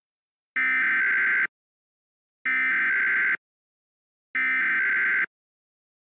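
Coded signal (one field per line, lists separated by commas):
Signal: Emergency Alert System (SAME) tones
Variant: header bursts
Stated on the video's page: Recreated alert with valid SAME tones made with Heatcats' EAS Encoder v2.4, based on a real wildfire Immediate Evacuation on weather radio KEC-76, 162.550 MHz.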